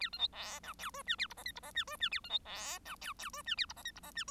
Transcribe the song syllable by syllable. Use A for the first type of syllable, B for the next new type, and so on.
A B C D E F G H A I J K I J H G H A B C D E F F G H A I J K I J H